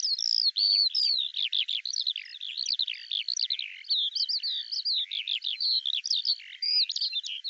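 Eurasian skylark pouring out a dense, hurried, chattering warble of tangled high notes with scarcely any gaps.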